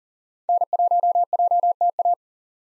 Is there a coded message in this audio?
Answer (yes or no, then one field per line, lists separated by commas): yes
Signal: Morse code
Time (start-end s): 0.5-2.1 s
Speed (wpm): 40 wpm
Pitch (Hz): 700 Hz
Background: none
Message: N1JTA